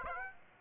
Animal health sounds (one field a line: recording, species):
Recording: mosquito wingbeat signal from an infrared sensor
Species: Aedes aegypti